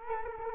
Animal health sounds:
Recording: mosquito wingbeat signal from an infrared sensor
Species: Culex quinquefasciatus

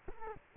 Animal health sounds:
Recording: mosquito wingbeat signal from an infrared sensor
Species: Culex quinquefasciatus

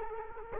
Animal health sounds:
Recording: mosquito wingbeat signal from an infrared sensor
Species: Culex quinquefasciatus

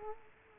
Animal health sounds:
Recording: mosquito wingbeat signal from an infrared sensor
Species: Culex quinquefasciatus

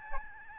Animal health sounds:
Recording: mosquito wingbeat signal from an infrared sensor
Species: Aedes albopictus

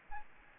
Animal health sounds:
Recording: mosquito wingbeat signal from an infrared sensor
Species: Aedes aegypti

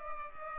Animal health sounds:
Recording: mosquito wingbeat signal from an infrared sensor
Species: Culex pipiens

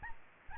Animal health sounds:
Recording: mosquito wingbeat signal from an infrared sensor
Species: Aedes albopictus

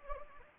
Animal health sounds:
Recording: mosquito wingbeat signal from an infrared sensor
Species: Anopheles gambiae

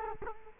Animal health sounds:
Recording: mosquito wingbeat signal from an infrared sensor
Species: Culex quinquefasciatus

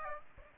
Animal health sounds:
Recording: mosquito wingbeat signal from an infrared sensor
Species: Aedes aegypti

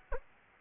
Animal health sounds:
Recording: mosquito wingbeat signal from an infrared sensor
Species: Aedes albopictus

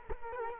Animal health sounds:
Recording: mosquito wingbeat signal from an infrared sensor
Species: Culex quinquefasciatus

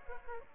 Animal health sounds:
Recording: mosquito wingbeat signal from an infrared sensor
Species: Aedes aegypti

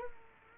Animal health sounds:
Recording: mosquito wingbeat signal from an infrared sensor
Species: Culex quinquefasciatus

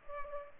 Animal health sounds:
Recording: mosquito wingbeat signal from an infrared sensor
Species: Culex pipiens

